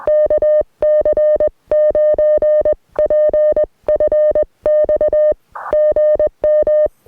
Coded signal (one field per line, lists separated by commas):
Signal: Morse code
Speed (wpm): 20 wpm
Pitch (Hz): 590 Hz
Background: music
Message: KC9PFX GM